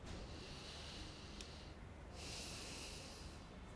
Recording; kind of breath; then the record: one breath in and out by a microphone near the nose and mouth; deep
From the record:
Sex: male